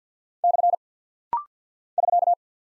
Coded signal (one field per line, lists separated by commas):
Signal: Morse code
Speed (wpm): 50 wpm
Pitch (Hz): 700 Hz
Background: none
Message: / <SK>